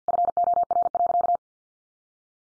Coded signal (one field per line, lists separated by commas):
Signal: Morse code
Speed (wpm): 50 wpm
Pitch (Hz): 700 Hz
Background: none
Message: FOR.